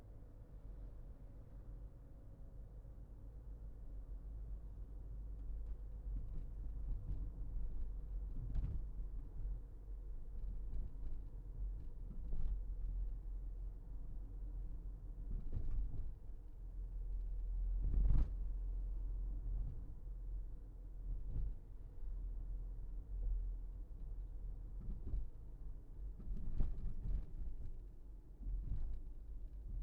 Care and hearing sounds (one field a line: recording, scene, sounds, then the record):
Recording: everyday scene through a hearing-aid microphone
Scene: in a vehicle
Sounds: engine, rumble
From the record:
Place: Berlingo II, diesel engine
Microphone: behind the ear, left, front